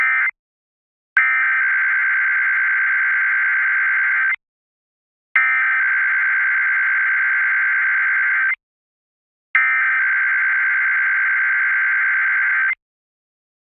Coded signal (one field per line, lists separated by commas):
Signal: Emergency Alert System (SAME) tones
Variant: header bursts